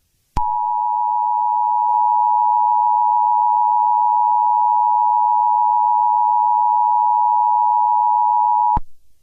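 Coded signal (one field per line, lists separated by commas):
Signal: Emergency Alert System (SAME) tones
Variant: 853 and 960 Hz attention tone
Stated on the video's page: Fictional EAS scenario using a text-to-speech app.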